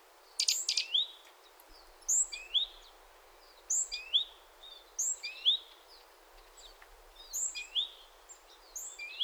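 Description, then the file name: Great tit calling with sharp descending whistled notes, often doubled, spaced irregularly, plus a brief harsh buzzy burst at the start. "Parus major"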